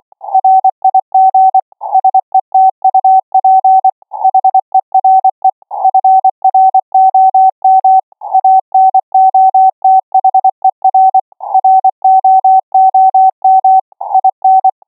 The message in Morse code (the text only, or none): RIG SETUP HERE FROM ANOTHER ROOM IN